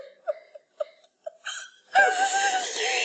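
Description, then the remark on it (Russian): A girl cries, starting with a few short, choppy sobs and catching breaths, then breaking into a louder, sustained high-pitched wail. “Не плачь, ….”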